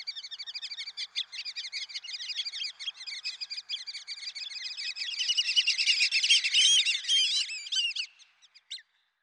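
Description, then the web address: Black-bellied whistling duck calls: dense, rapid chattering notes for several seconds, rising into louder slurred whistles, then trailing off into a few scattered notes. "Dan Gibson Wildlife Identification By Sound, Western North America. Black-Bellied Whistling Duck"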